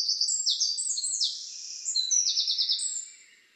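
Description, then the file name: Eurasian wren song in full flow, shrill trills and staccato notes tumbling quickly before fading away. "Troglodytes troglodytes"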